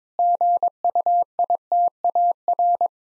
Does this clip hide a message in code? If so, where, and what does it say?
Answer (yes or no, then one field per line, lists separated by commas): yes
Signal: Morse code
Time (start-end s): 0.2-2.9 s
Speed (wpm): 22 wpm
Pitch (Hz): 700 Hz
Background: none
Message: GUITAR